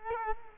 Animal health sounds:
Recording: mosquito wingbeat signal from an infrared sensor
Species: Culex quinquefasciatus

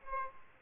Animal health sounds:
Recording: mosquito wingbeat signal from an infrared sensor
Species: Aedes aegypti

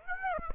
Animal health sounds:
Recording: mosquito wingbeat signal from an infrared sensor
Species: Aedes aegypti

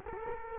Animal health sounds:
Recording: mosquito wingbeat signal from an infrared sensor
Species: Culex quinquefasciatus

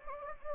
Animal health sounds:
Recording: mosquito wingbeat signal from an infrared sensor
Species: Anopheles gambiae

